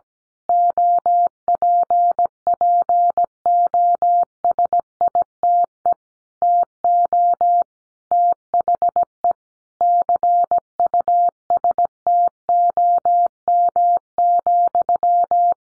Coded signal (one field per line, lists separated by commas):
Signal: Morse code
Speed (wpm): 17 wpm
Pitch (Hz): 700 Hz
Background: none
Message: OPPOSITE TO THE CUSTOM,